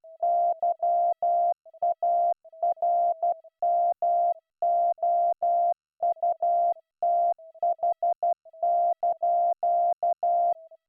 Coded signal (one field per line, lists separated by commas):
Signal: Morse code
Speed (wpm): 12 wpm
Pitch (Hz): 690 Hz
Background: none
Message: YARMOUTH)